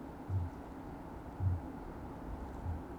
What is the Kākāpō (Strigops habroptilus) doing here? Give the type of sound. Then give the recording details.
boom. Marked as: faintness 4/5. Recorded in New Zealand. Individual Sirocco